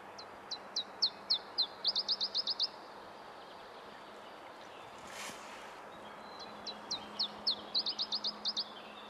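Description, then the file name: Iberian chiffchaff singing two phrases, each starting with spaced, falling high notes and speeding into a brisk series of clipped notes; a brief rushing noise falls between them. "iberischer zilpzalp"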